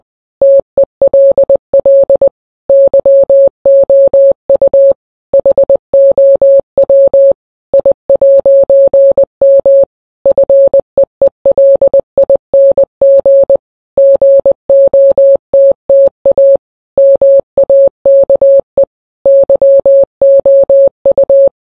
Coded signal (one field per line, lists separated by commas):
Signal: Morse code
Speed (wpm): 20 wpm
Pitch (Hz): 550 Hz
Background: none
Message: TELL YOU HOW I'M FEELING GOTTA MAKE YOU